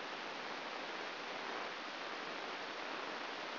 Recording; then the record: brain microelectrode recording played as sound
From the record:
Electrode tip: inside the subthalamic nucleus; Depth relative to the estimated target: 3 mm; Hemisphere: left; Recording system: AlphaMap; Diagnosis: Parkinson's disease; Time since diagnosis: 12 years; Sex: male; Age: 57 years